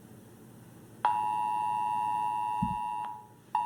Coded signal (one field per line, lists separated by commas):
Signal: Emergency Alert System (SAME) tones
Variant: 853 and 960 Hz attention tone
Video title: Emergency Alert System: Education For Kids